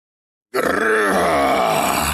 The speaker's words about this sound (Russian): Ревет монстр, отдаляясь.